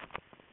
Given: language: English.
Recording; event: throat vibration sensor signal played as sound; swallow